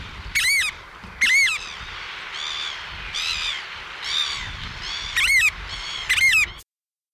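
Variable oystercatcher calls: loud, sharp piping notes with harsher squealing calls between them, repeated about once a second.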